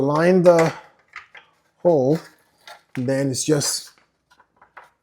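A plastic wheel cover is handled and aligned onto a 20-inch Helix alloy rim on a Model Y Juniper, before being pressed on spokes first and then the center. Someone talks throughout, with a few brief light taps in the pauses, the sharpest at 1.2 s. Nothing has seated or clicked yet.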